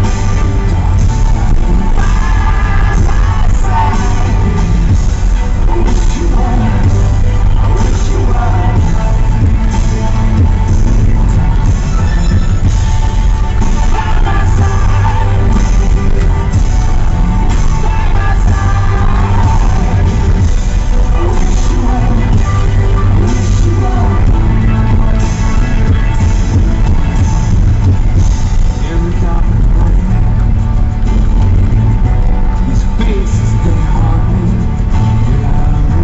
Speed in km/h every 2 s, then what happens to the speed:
18, 19, 18, 18, 18, 18, 17, 19, 18, 18, 18, 18, 18, 18, 18, 18, 18, 18.
0-36 steady at about 18.